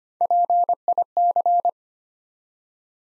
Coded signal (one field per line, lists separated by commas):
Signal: Morse code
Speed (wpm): 25 wpm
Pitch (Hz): 700 Hz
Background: none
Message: PIC